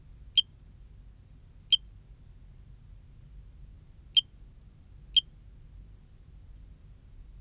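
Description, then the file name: Cricket song of brief, high, tonal chirps, four clear ones spaced irregularly one to two and a half seconds apart over a soft low rumble. "Eugrylloides pipiens"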